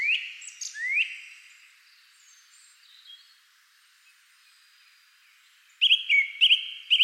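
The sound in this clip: Bird calls: two rising whistled notes open, then after a quiet spell a string of quick, sharp chirps repeats about twice a second.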